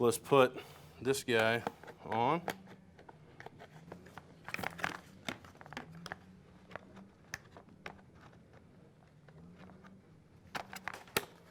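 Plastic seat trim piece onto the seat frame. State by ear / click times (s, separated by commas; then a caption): not seated / none. A plastic seat trim piece, the bottom cover for a Jeep Grand Cherokee (2011-2016) or Dodge Durango (2011-2020) seat, is being positioned onto the seat frame while someone talks. Light plastic rustling, crinkling and short sharp taps follow as the part is handled. Nothing has seated or clicked yet.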